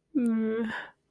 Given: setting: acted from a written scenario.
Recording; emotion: vocal sound without words; guilt